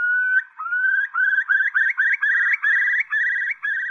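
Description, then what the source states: Eurasian curlew song: a long rising whistle, then a series of rising notes that turn into a bubbling trill, with no other clear sounds. Spring song with a particularly haunting quality; found in wetland and grassland, often near farmland, prominent in the north and coastal regions.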